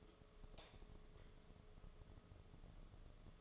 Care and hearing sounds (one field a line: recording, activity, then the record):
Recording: daily activity, microphone in the room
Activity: light off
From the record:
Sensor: 4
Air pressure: 1011.1 hPa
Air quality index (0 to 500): 147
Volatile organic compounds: 3 ppm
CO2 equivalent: 1501 ppm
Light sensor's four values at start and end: 128/338/142/148 and 127/333/140/146